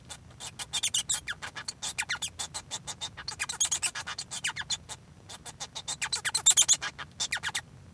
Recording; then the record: song of a male Bengalese finch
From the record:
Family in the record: son of father 1